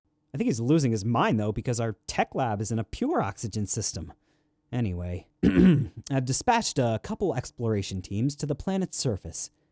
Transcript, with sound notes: I think he's losing his mind, though, because our tech lab is on a pure oxygen system. Anyway... *clears throat* I dispatched a couple of exploration teams to the planet's surface.